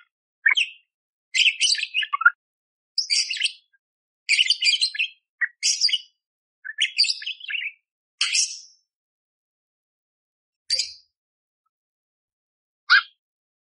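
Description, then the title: Budgerigar chattering song in short scratchy bursts of chirps and squeaks, growing sparser toward the end with long silent gaps. Masteran for training songbirds, clear and lively (gacor jernih) with rough tembakan fill phrases, suited for Kacer. "Masteran Burung Parkit Gacor Jernih Isian Tembakan Kasar Cocok Buat Kacer"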